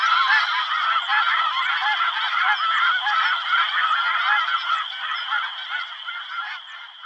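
Snow goose flock, a dense clamour of quick nasal honks from many birds over a steady high-pitched hum, fading slightly toward the end.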